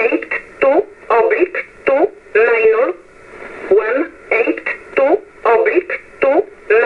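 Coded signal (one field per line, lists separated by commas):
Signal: numbers station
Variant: E11 Oblique, English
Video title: 15 08 2022 Numbers Station E11 Oblique in English to Eu 0830 on 15720 Warsaw in USB mode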